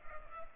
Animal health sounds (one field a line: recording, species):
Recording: mosquito wingbeat signal from an infrared sensor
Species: Culex pipiens